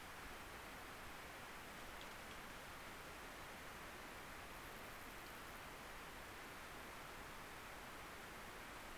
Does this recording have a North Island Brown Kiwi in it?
no